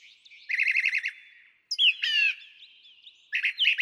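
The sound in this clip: Brown Thrasher song: a fast trill of repeated notes, then a buzzy rapid phrase, then more chirps.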